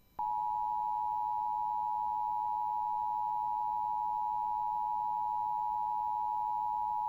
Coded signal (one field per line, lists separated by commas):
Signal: Emergency Alert System (SAME) tones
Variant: 853 and 960 Hz attention tone